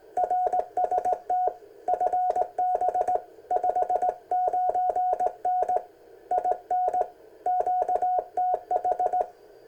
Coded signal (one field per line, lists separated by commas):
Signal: Morse code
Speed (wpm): 19 wpm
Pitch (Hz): 730 Hz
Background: none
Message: RST FB 59N IN QTH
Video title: Ten Tec Kit 40m Band